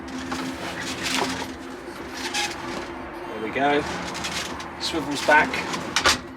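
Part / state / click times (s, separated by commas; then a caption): passenger seat swivel base latch in a van cab / seated / 6.0 s. The passenger seat in the cab of a VW T4 PopTop campervan is released with an orange catch and swivelled back to its forward position while someone talks over a low steady hum. The swivel base latch engages with a sharp click at 6.0 s, locking the seat into place.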